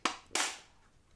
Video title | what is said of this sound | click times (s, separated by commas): HALT experiment Module 4d HD | it popped out of place so if it snaps back in place | 0.0 s, 0.4 s